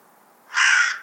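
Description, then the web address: Bird giving a single harsh, rasping call of about half a second after a brief quiet pause. "Bird Only"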